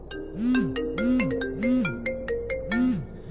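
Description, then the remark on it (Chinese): A mobile phone rings again a few seconds after it had stopped, with a repeating electronic melody, bright synthesized tones rising and falling in a steady looping pattern, with no voices. “手机过了一会儿之后就停了，但是几秒钟之后又执拗地响了。”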